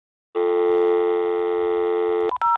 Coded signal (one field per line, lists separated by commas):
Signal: telephone call progress tone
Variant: North America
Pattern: dial tone